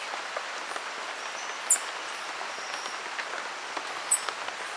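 Green honeycreeper call notes: two sharp, high, thin chips about two and a half seconds apart against constant rain-like background hiss.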